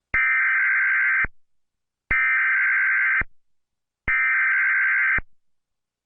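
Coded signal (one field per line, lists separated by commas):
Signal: Emergency Alert System (SAME) tones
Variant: header bursts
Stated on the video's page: Custom-made, simulated Tornado Warning alert, not a real broadcast.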